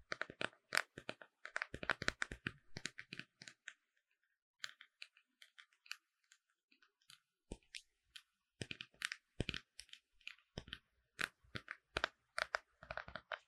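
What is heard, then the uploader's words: Makeup being tapped in quick, crisp clicks and light knocks, arriving in dense irregular clusters. A busy run of taps fills the opening two seconds, thins to sparse hits around four to eight seconds, then builds again into steady rapid tapping through the end. ASMR 美妝用品敲擊聲 | Makeup Tapping | NO Talking.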